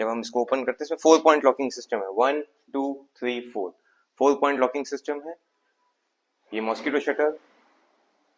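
Someone talks while handling the mosquito mesh shutter of a UPVC window, whose latch locks into the window frame; the window has a four-point locking system. Only speech is heard, with pauses and no distinct click. The clip ends before the latch engages, so nothing has seated or clicked yet.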